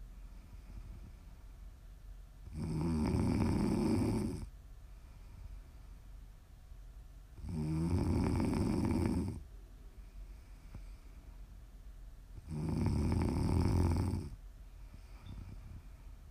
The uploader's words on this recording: ASMR snoring.